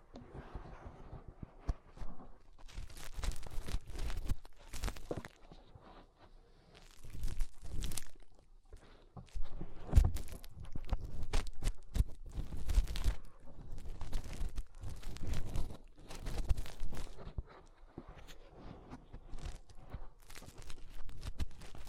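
Fingers rub and scrape inside an ear in dense crackling bursts, rustling and crunching in irregular waves with brief quieter pauses throughout.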